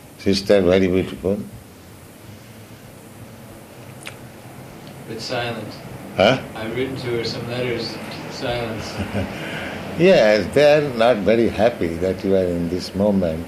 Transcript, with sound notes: sister very beautiful.
But silent.
Huh?
I have written to her some letters, but silence.
[laughs] Yes. They are not very happy that you are in this movement;